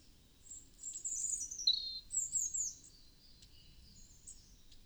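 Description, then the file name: European robin delivering a soft, very high, thin warbling phrase with sliding notes. "Erithacus rubecula"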